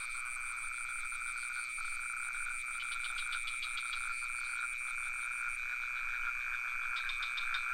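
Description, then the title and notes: Crickets sustain a steady, even trill, joined by short runs of quick frog clicks in the middle and near the end. Recorded near a pond in Ubud with some frogs calling; Sony PCM D50 recorder with Rode NT4 microphone. "Crickets and frogs in Ubud. Recorded near the pond in Ubud. Sublime frequencies of crickets and some frogs"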